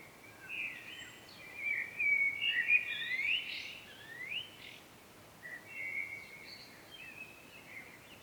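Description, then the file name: Common blackbird giving twittering, squeaky phrases in several bursts, louder early on and quieter later, over a steady hiss. "Turdus merula"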